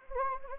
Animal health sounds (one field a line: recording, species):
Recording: mosquito wingbeat signal from an infrared sensor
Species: Anopheles gambiae